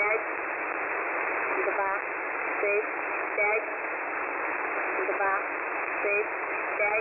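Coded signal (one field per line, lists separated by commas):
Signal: numbers station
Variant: S06s, Russian female voice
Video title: [S06s "Russian lady 00000"] 13.October 2020 11:00 UTC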